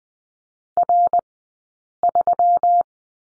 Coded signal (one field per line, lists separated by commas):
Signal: Morse code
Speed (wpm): 20 wpm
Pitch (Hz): 700 Hz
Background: none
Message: R3